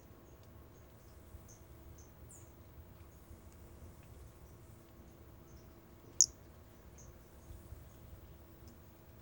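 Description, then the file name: Brachycephalus albolineatus giving a single loud, very high chirp, with several fainter short high notes spread throughout over a low hum. Recorded 4 February 2016. "Brachycephalus albolineatus 160204"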